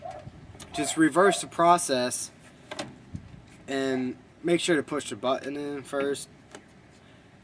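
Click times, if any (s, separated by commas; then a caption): 6.6 s. A removable section of an Echo1 P90 airsoft rifle is pushed back onto the gun body while the release button is held in, during reassembly. Someone talks through most of the clip, with a few brief knocks around 0.6 s and 2.7–2.8 s. The section locks home with a sharp click at 6.6 s.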